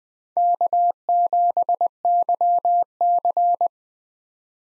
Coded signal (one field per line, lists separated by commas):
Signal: Morse code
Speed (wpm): 20 wpm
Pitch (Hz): 700 Hz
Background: none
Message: K7YC